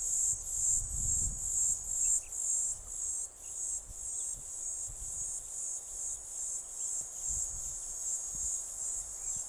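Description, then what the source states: Platypleura divisa: cicada song, a continuous high shrill buzz pulsing in rapid regular beats, with faint low rumbling underneath. Recorded on 13 December, just past Piet Retief.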